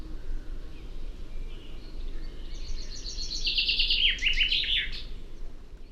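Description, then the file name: Common chaffinch singing a quick descending run of notes that breaks into a short rattling ending, partly masked by steady low background noise. "Fringilla coelebs"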